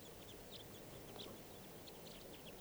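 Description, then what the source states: Red Crossbill flight calls, short high chips scattered throughout, over a steady low background hiss. Type 2; large flock of about 25 flying in while it is snowing.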